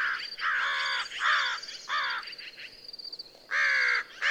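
American crow gives several rasping caws, then a quieter stretch of softer calls, then loud caws resume.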